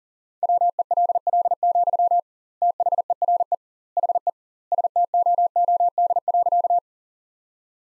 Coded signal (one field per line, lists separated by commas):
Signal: Morse code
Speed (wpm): 40 wpm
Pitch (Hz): 700 Hz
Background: none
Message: WELL, THERE HE STOOD.